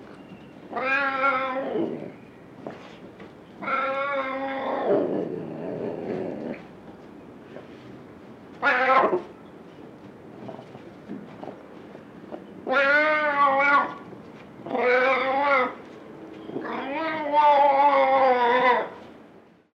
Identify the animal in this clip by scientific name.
Leopardus pardalis